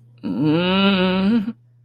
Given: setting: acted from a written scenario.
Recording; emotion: vocal sound without words; embarrassment